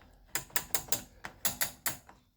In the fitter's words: got this you'll notice you can hear those little clicks